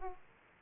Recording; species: mosquito wingbeat signal from an infrared sensor; Aedes aegypti